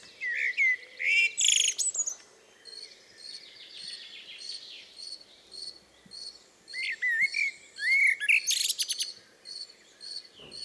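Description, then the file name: Common blackbird giving warbled fluty phrases ending in thin high squeaks, at the start and again near the end, over a rhythmic high pulsing in the background. "Turdus merula"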